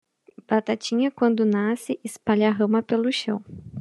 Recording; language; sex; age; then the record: short text; Brazilian Portuguese; female; 30 to 39 years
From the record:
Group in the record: control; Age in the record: 32 years